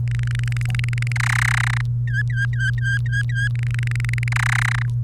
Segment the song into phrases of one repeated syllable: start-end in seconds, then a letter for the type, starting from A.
0.07-1.12 A, 1.16-1.81 B, 2.08-3.48 C, 3.55-4.28 A, 4.32-4.82 B